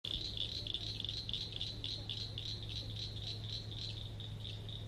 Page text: Maryland Biodiversity. Eastern Cricket Frog ( Acris crepitans )